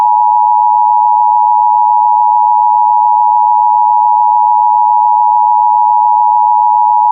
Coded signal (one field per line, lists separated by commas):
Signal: Emergency Alert System (SAME) tones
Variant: 853 and 960 Hz attention tone